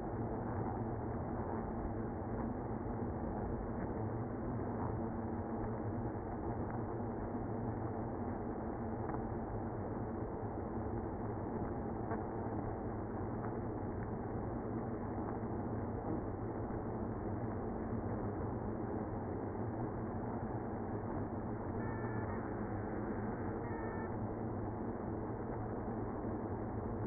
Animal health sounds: honeybee colony, microphone inside the hive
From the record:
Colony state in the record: queenless (queen removed); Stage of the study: after two queens were removed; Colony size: about 60,000 bees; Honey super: yes

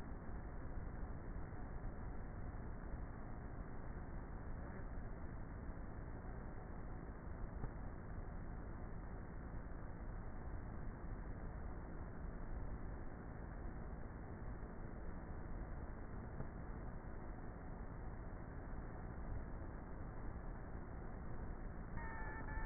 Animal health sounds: honeybee colony, microphone inside the hive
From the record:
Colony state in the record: queenless with a low population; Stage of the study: before two queens were removed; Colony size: about 30,000 bees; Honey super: no

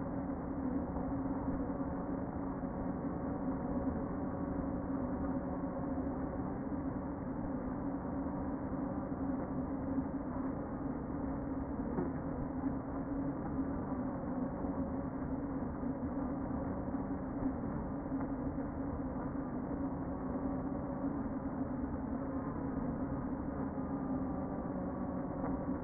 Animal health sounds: honeybee colony, microphone inside the hive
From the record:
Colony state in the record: queen present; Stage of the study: before two queens were removed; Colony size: about 60,000 bees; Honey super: yes

